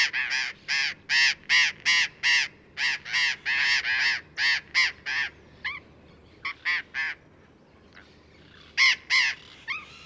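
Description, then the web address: Burrowing parrot harsh screeching calls in a rapid run of many notes over about five seconds, then scattered shorter screeches and a final few. "parrots cyanoliseus-patagonus"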